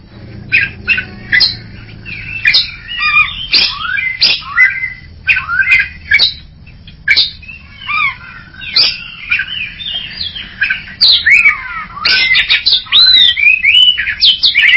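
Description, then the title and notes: Greater green leafbird song, a rich run of varied whistles, slurred notes and sharp chips in rapid jumbled phrases, with short pauses between bursts. Champion singer, chirping song. "Kicau Burung Cucak Ijo Juara. Suara kicauan burung cucak ijo"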